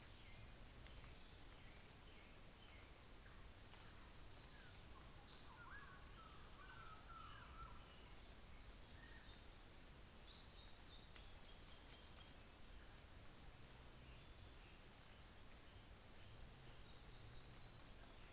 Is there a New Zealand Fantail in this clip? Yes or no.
yes